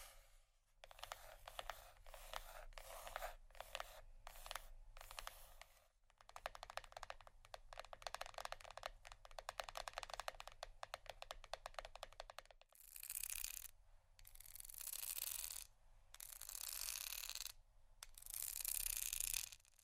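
Rapid soft tapping and scratching on cardboard and silicone, dense bursts of quick clicks until about thirteen seconds, then slower sweeping brushy strokes.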